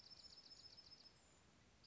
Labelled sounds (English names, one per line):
Dark-eyed Junco